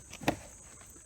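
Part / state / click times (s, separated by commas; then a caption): window regulator locking pin into the door frame / not seated / none. A window regulator locking pin on a 2007-2013 Ford Expedition is wiggled toward its hole in the metal door frame, giving a single short knock at about 0.3 s against quiet background rustle. Nothing has seated or locked into place yet.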